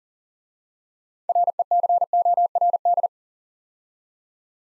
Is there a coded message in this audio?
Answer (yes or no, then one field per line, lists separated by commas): yes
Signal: Morse code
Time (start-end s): 1.3-3.1 s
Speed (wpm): 40 wpm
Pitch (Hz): 700 Hz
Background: none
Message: RECORD